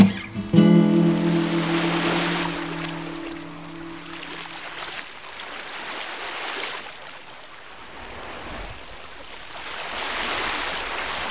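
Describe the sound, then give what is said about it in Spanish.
Sea waves wash in slow, broad swells of rushing hiss that rise and fall, while a low, steady droning tone sounds over the first few seconds before fading out. “¿Y si a este mar le pusiéramos unas gaviotas?”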